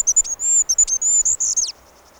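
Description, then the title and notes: Goldcrest singing one short, extremely high-pitched phrase of fast see-sawing notes that finishes with a brief tumbling flourish. Field recording. "Mikä lintu lauloi. Hippiäinen"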